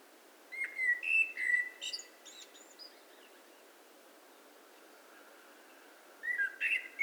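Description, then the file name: Eurasian blackbird song with several mellow whistles and thin high squeaks, then a pause before a short final burst of whistled and twittering notes. "Turdus merula"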